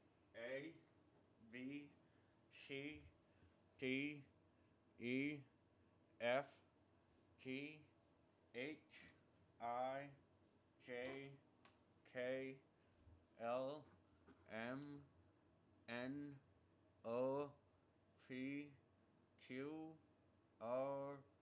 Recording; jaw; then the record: letters of the alphabet, spoken; constrained by a bite bar between the teeth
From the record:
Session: first day, right after the free take